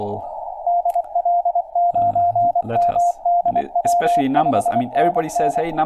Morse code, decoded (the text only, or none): DL9MDW 5NN